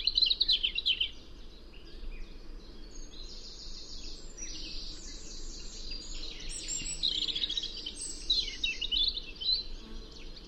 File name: Erithacus rubecula